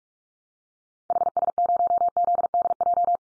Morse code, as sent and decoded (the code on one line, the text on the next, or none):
.... ... ----- --.. -.. .---
HS0ZDJ